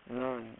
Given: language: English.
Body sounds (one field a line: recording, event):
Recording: throat vibration sensor signal played as sound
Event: speech